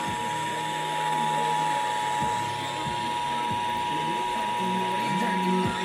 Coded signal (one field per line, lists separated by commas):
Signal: Emergency Alert System (SAME) tones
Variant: 853 and 960 Hz attention tone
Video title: EAS- Riverside/San Bernardino Required Monthly Test Capture on KFRG-FM 95.1 and KRXV-FM 98.1